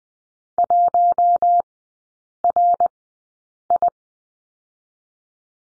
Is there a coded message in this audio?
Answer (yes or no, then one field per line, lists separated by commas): yes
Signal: Morse code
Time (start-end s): 0.6-3.9 s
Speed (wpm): 20 wpm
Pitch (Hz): 700 Hz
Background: none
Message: 1RI